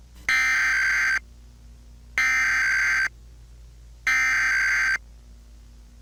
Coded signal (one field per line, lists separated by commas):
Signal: Emergency Alert System (SAME) tones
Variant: header bursts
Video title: EAS Scenario - Collision Course